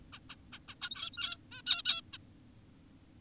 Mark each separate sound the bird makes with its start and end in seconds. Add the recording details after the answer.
0.13-0.19, 0.30-0.36, 0.53-0.59, 0.68-0.75, 0.82-1.37, 1.52-1.62, 1.67-1.82, 1.86-2.01, 2.14-2.18. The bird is an adult. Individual g17y2U